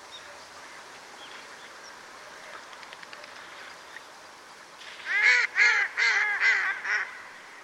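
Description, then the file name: Mallard call: several seconds of near quiet, then a burst of several loud, nasal quacks in a rapid, slightly uneven series. "magamo"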